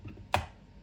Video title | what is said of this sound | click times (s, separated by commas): Je teste ce mini mixeur blender en verre, PETIT mais PUISSANT ! | pour enclencher la bouteille sur le moteur il suffit de la poser dessus et de la pivoter jusqu'à ce qu'on entende un clic | 0.3 s